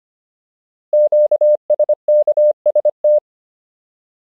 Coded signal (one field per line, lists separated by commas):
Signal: Morse code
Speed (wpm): 25 wpm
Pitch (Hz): 600 Hz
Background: none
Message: QSKST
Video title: Morse Code Alphabet Practice — 25 WPM